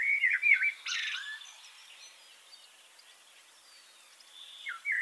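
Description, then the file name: Common blackbird song: a fluty warbled phrase near the start, then a high scratchy twitter, a quiet gap, and a new mellow phrase beginning at the end. "Turdus merula"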